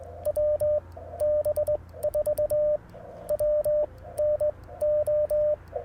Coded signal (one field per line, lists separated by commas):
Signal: Morse code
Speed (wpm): 20 wpm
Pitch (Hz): 600 Hz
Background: radio noise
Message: WB4WNO